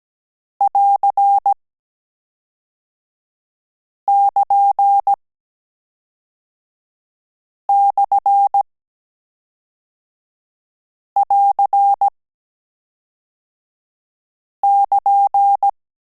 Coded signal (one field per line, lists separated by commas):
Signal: Morse code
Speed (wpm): 17 wpm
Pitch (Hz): 800 Hz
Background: none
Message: <AR><KN>/<AR><KN>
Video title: Morse Code - AR and AS - Last Lesson 18 – End of Course